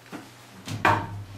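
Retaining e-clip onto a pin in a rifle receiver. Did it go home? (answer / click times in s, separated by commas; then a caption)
yes / 0.9 s. During reassembly of a Leader Dynamics T2 Mk V rifle, a metal e-clip is snapped onto a retaining pin in the receiver. A faint knock near 0.1 s and a soft shuffle around 0.7 s come before one sharp, bright metallic snap at 0.9 s, which rings briefly and fades. The e-clip is seated on the pin.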